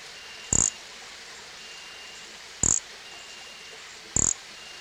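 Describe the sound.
Nesobia mjobergi making three brief, high, buzzy chirps, spaced well apart, over low hiss.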